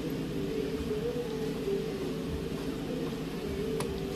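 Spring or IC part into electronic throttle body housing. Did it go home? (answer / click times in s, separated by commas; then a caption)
yes / 3.8 s. A spring or IC part is pressed into an electronic throttle body housing during reassembly, over a steady low hum. A single short, sharp click at 3.8 s marks the part seating flush on the throttle body.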